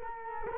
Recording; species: mosquito wingbeat signal from an infrared sensor; Culex quinquefasciatus